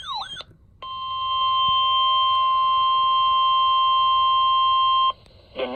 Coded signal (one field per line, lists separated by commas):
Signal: Emergency Alert System (SAME) tones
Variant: 1050 Hz attention tone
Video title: Severe Thunderstorm Warning #2 (EAS #421)